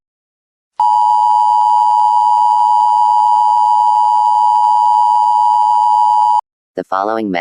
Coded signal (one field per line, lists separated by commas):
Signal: Emergency Alert System (SAME) tones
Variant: 853 and 960 Hz attention tone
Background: speech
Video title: The Snow Tornado (EAS scenario #2)